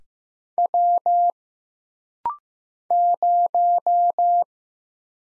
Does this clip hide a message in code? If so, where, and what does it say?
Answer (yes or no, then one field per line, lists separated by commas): yes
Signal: Morse code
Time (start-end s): 0.6-4.4 s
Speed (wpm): 15 wpm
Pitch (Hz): 700 Hz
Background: none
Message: W 0